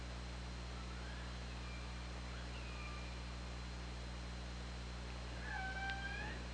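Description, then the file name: Killer whale calls: faint thin squeals early, then a clearer level harmonic call near the end, against a steady low hydrophone hum. Recorded on the OrcaLab hydrophone, 24 August 2017 at 21:34. "Orca Lab UTLN JASON 20170824 213442"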